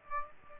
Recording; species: mosquito wingbeat signal from an infrared sensor; Aedes aegypti